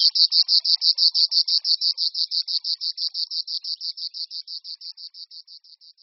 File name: Cvrčilka-říční